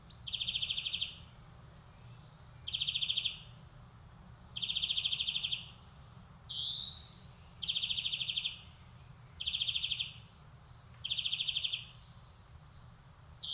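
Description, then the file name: European greenfinch song: a series of short, even rattling trills at a steady pace, broken once by a rising, buzzy wheeze. "Chloris chloris"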